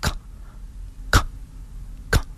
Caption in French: Alternances de succion déglutition le bébé ouvre grand la bouche, puis on entend un petit. Qui est assez rythmé. Puis après, le bébé fait une petite pause, puis il recommence. Et ça veut dire que tout va bien.